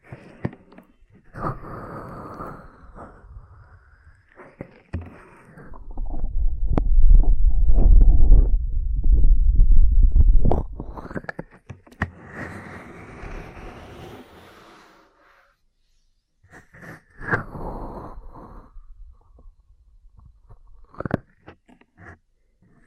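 Ear cleaning and massage sounds with soft rubbing and rustling, plus occasional short crackles and taps. From about 6 to 10 seconds a heavy, low, muffled rumbling swells up, then quieter scraping strokes return in separate bursts near 16 and 21 seconds.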